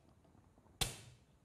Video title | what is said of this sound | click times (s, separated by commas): Allergic Disease: On the Increase | You hear the click. | 0.8 s